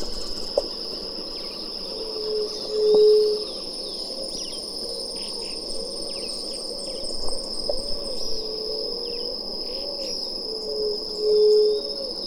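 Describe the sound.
White-tipped dove giving two long, low hollow hoots roughly eight seconds apart, over a steady high insect drone.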